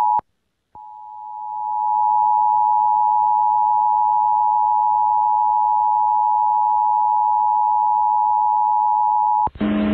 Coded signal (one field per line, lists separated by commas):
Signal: Emergency Alert System (SAME) tones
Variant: 853 and 960 Hz attention tone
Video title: EAS 947-961: Connecticut Required Monthly Test, 12:37 AM 8-17-2023